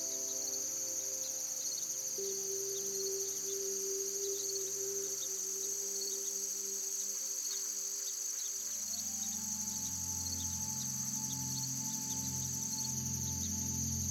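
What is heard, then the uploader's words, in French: Birds sing in a dense, steady high chirring over soft sustained music, whose low notes swell fuller about two-thirds through. Une sélection méticuleuse de chants d'oiseaux et une musique douce en arrière-plan.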